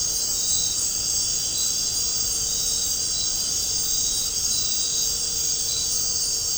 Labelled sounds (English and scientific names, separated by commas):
none